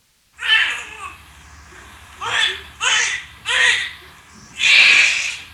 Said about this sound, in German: Da ist gerade ein kleiner Mensch auf die Welt gekommen. Noch Blut und Schleim verschmiert, noch zusammengekrümmt in der Geburtshaltung. Und er schreit. Wo bin ich da nur hingeraten, scheint dieses Schreien zu signalisieren.